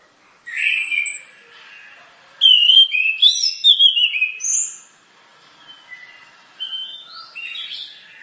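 Bird song: bright, high whistled phrases with sliding and warbling notes, delivered in a few bursts separated by short pauses.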